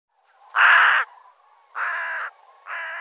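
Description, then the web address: Bird with three rasping caws, the first loudest and the later two slightly softer. "cianscape birddata"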